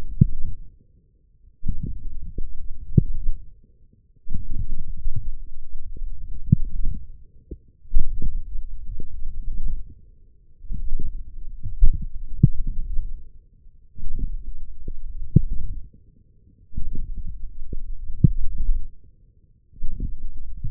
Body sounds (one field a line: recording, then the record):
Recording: forearm muscle sounds (acoustic myography)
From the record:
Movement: forearm pronation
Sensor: system 1, eight BSWA MPA416 microphones around the upper forearm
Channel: 8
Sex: male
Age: 20 years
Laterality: left